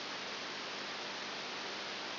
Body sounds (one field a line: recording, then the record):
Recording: brain microelectrode recording played as sound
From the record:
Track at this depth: outside the subthalamic nucleus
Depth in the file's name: 8 mm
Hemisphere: left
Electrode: 2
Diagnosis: Parkinson's disease